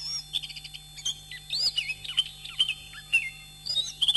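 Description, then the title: Thrush song with spaced, sliding whistled notes and quick twitters, each phrase brief and separated by short pauses, over a low constant hum. "Suara Burung Anis"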